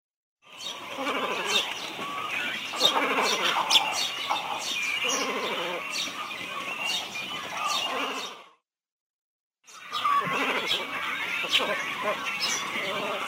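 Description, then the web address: Great cormorant calls: a dense, harsh chorus of overlapping croaks and cackles. "Uzbek hayvonlar. Phalacrocorax carbo"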